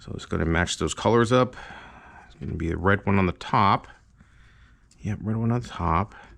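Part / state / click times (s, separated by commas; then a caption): harness plug into CDI lead connector / not seated / none. Someone talks while lining up the red wire plug of a Vape ignition harness with the matching red connector on the CDI harness of a Lambretta TV175, with faint handling noise between the words. The plug is only being handled, and nothing has seated or clicked yet.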